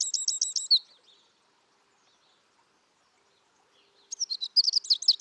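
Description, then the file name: Eurasian wren song in two bursts: a fast, high repeated phrase at the start, then near-silence for three seconds, then renewed rapid trilling. "Troglodytes troglodytes"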